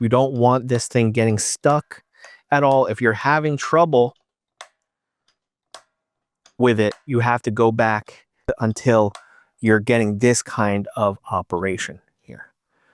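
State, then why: Seated. Someone talks while working the string mute lever on the bridge of a Fender Vintera III Bass VI electric bass on and off after adjustment, showing the proper, non-sticking action. The lever gives clean, satisfying clicks at 4.6 s and 5.7 s as it engages and releases without getting stuck.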